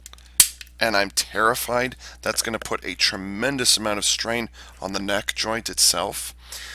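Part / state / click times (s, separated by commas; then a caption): head into the neck joint of a plastic robot toy / seated / 0.4 s. The head of a plastic robot toy is pulled out until it snaps into place in the neck joint, seating with a loud, sharp snap at 0.4 s after a few faint ticks. Someone then talks for the rest of the clip.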